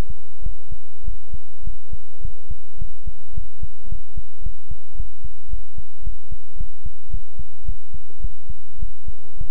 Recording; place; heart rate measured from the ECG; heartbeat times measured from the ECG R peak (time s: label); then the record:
heart sounds by stethoscope; between the tricuspid and mitral areas; 107 bpm
0.41 s: heartbeat
1.03 s: heartbeat
1.62 s: heartbeat
2.20 s: heartbeat
2.77 s: heartbeat
3.33 s: heartbeat
3.87 s: heartbeat
4.41 s: heartbeat
4.95 s: heartbeat
5.48 s: heartbeat
6.02 s: heartbeat
6.56 s: heartbeat
7.09 s: heartbeat
7.64 s: heartbeat
8.20 s: heartbeat
8.78 s: heartbeat
9.36 s: heartbeat
From the record:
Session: pedaling a stationary bicycle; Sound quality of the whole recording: good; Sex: male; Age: 24 years